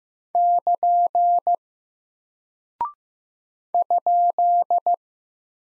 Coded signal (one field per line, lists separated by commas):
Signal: Morse code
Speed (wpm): 15 wpm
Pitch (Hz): 700 Hz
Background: none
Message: <KN> ?